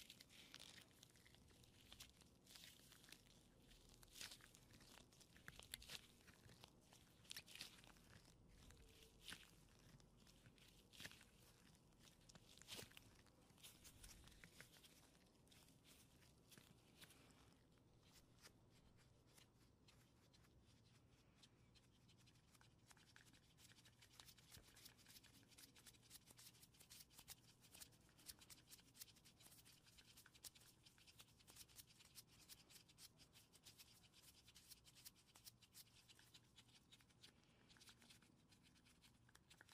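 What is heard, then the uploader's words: Crinkling and squeaking of latex gloves rubbed and handled, a dense run of crisp clicks and crackles that never settles. The handling is busiest and loudest in the first fifteen seconds, then turns lighter and more scattered, over a steady low hum. ASMR personal attention with latex gloves.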